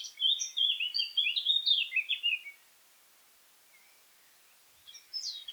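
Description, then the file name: Eurasian blackcap song: a rapid scratchy warble lasting over two seconds, then quiet before a short new phrase begins. "Sylvia atricapilla"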